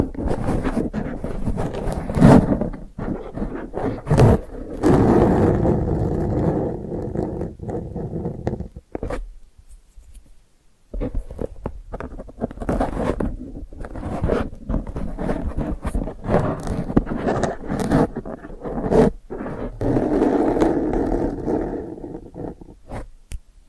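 ASMR brain flossing with no talking: a dense, crackly run of scratching, rubbing and patting sounds, full in the low and middle range, with frequent sharp taps and clicks scattered throughout. The sounds stop for about two seconds near the ten-second mark, then resume just as busy.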